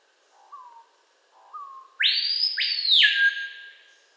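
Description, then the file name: Screaming piha: two gentle introductory whistles build into a piercing, whip-cracking upward sweep that slides down into a long, fading wolf-whistle tail. "Lipaugus vociferans"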